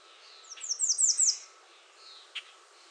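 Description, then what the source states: American redstart song: a short series of five high, thin, down-slurred notes, with faint other birds calling in the background. Recorded 21 June 2019.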